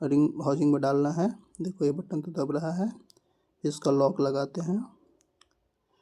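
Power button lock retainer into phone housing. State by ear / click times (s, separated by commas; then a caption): seated / 5.4 s. A small retaining lock is pushed onto the outer power-button part of a Redmi Note 7S after the button is set into the phone's plastic housing; it locks by itself once placed. Someone talks through most of the clip, then a sharp click is heard at 5.4 s with faint ticks just around it. The power button lock clicks in and seats.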